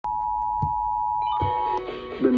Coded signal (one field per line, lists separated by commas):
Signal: Emergency Alert System (SAME) tones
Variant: 853 and 960 Hz attention tone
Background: music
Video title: EAS #978 & #979 Tornado Warnings